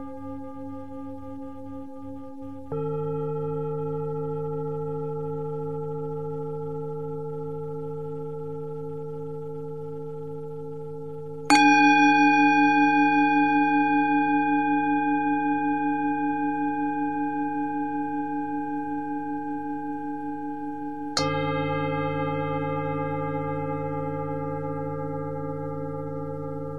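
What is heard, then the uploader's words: Singing bowls are struck three times, near 3, 11 and 21 seconds, each ringing tone layering over a low steady drone and slowly fading. 56.68 Hz.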